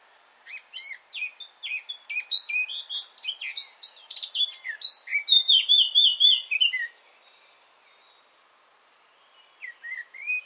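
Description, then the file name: Eurasian blackcap singing a fast, rich warble of quick mixed notes lasting about six seconds, then a pause before a few short whistled notes return. "Sylvia atricapilla"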